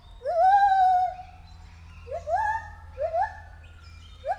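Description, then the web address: White-handed gibbon with one long wavering hoot followed by a slow gliding wail and short rising whoops. Recorded at a zoo in Debrecen in 2019, during the first encounter with the gibbons. "allathangok debrecenizoo 2019. feherkezu gibbon"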